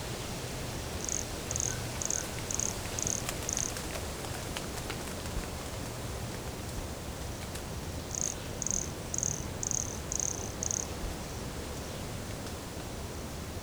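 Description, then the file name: Pumpkin toadlet calling in two short bursts of faint, very high notes about twice a second, separated by several quiet seconds of hiss and soft clicks. Recorded at Morro do Canal in January 2017, 150 cm from the microphone. "Brachycephalus sulfuratus Morro do Canal 150 cm from microphone LFRibeiro JAN-2017"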